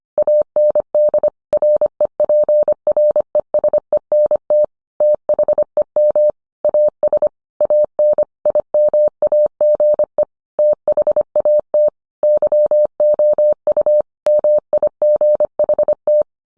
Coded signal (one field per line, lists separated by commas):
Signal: Morse code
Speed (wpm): 25 wpm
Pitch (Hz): 600 Hz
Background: none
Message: AND REPRESENT THEM AS AN IMAGE THAT YOU MIGHT